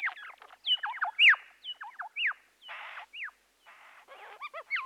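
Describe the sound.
Birds giving quick downslurred whistles mixed with short harsh, scratchy bursts, calling almost continuously.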